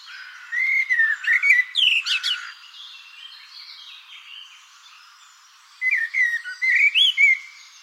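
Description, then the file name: Common blackbird song: two bursts of fluting, warbled whistles with squeaky high twitters, separated by a few seconds of quiet. "Turdus merula"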